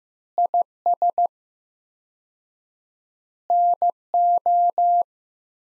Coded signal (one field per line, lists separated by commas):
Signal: Morse code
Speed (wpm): 15 wpm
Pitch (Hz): 700 Hz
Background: none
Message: IS NO